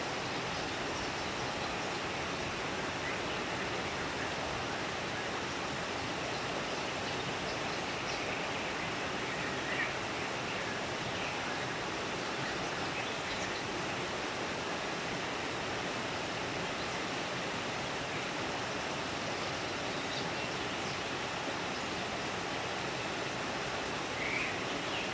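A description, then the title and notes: A steady, dense rush of white noise, like falling water, holds perfectly even throughout, with faint high chirps flickering occasionally above it. Calm in the Forest. A soothing blend of gentle sounds, including the soothing hum of white noise and calming nature sounds.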